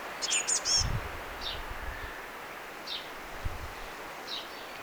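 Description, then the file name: Eurasian blue tit calls: a quick burst of three thin, very high notes, then softer short downslurred notes about every one and a half seconds, over faint rustling and low rumble. "Cyanistes caeruleus"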